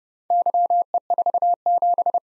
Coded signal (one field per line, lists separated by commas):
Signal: Morse code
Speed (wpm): 30 wpm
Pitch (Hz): 700 Hz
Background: none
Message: YE47